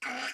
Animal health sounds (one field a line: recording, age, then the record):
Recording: pig call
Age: piglet (1 to 25 days)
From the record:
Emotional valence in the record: negative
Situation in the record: restrain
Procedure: in the arms of a person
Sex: female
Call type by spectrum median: low-frequency call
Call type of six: low-frequency tonal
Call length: 0.34 s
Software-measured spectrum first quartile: 1156 Hz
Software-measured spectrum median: 1923 Hz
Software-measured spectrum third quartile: 2872 Hz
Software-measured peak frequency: 1481 Hz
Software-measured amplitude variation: 90 dB a second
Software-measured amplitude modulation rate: 30.7 a second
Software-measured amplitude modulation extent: 2.9 dB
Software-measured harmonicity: 0.8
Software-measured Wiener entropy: -1.01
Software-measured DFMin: 696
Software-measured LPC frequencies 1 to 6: 727, 1476, 2157, 4835, 5827, 6713 Hz